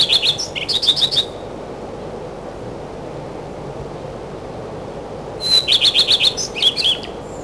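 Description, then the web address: Common redstart giving two song phrases several seconds apart, each a high whistled lead-in followed by a hurried series of twittering notes. In spring. "vremena vesna gorihvostka lisushka"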